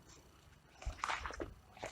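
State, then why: Not seated. The hose connector from the left-side pad is being fitted into the port of a Lifelong LLM18 air pressure massager unit, the same way as the right one. After a quiet stretch, short handling knocks and scuffs come at about 0.8, 1.0 and 1.3 s, with another rustle near 1.8 s. The connector has not seated or clicked yet.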